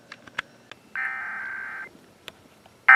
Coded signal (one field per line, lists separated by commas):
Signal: Emergency Alert System (SAME) tones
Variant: header bursts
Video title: EAS 2975-2976: Pennsylvania Required Monthly Test for February